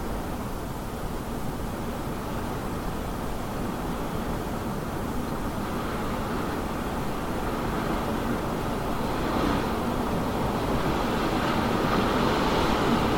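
Wind roars in a steady, dense rush, heaviest in the low and middle range with a rumbling undertone. It holds constant throughout and grows slightly louder after about eight seconds, where faint brighter gusts begin to hiss through.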